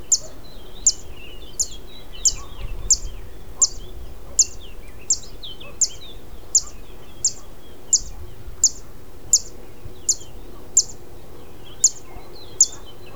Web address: Zitting cisticola. صدای-پرنده-سبدنشین-چکاچک